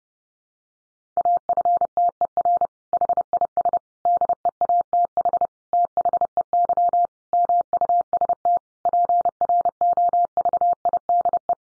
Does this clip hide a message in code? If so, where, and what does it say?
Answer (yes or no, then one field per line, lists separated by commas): yes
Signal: Morse code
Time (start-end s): 1.2-11.5 s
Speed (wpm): 30 wpm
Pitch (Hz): 700 Hz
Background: none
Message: AFTER HIS DEATH THEY MUST PROVIDE